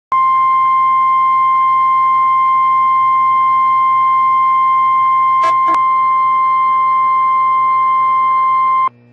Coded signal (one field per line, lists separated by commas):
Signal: Emergency Alert System (SAME) tones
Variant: 1050 Hz attention tone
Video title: Taking Some Time EAS #64